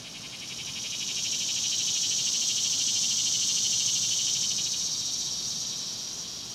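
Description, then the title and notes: Cicadas in a continuous high, hissing drone with a fast rapid pulse, swelling slightly in the middle and then easing off. Several cicadas recorded outdoors at dusk. "Ext Cicadas, Dusk by Bandeto"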